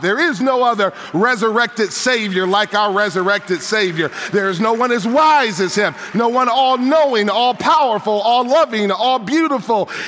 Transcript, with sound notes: There is no other resurrected Savior like our resurrected Savior! (applause and cries of praise) There is no one as wise as Him, no one all-knowing, all-powerful, all-loving, all-beautiful.